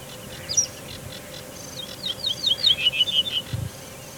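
Ortolan bunting song phrase, a quick run of clear repeated notes that settle lower, preceded by a single sharp high note, with soft low background noise.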